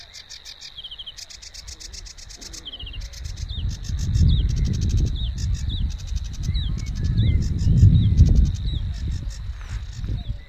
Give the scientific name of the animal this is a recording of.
Acrocephalus schoenobaenus